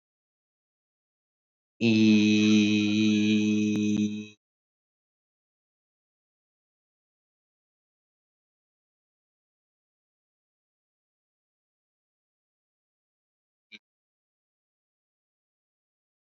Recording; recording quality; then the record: sustained vowel as in beet; excellent, no background noise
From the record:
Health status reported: COVID-19 positive, no symptoms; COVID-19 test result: positive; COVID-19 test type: RT-PCR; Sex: male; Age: 24 years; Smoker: no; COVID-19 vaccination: both doses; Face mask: not worn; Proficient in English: yes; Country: India